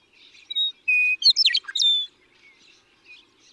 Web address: birdsongforthecurious, Western Meadowlark